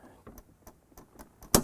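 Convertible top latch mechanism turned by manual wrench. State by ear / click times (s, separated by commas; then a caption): seated / 1.5 s. A manual wrench fitted into the latch drive spot of a Chrysler Crossfire convertible top is turned clockwise to lock the lowered top and tonneau cover. A series of faint ticks is heard as it turns, ending in a sharp, loud click at 1.6 s as the latch locks into place.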